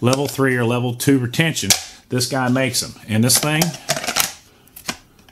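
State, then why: Seated. Someone talks, then pushes a Legion X5 pistol into a polymer tactical retention holster with level 2 or level 3 retention. A loud, sharp snap at 4.2 s marks the retention engaging, followed by a few quieter clicks and handling sounds. The pistol is seated in the holster.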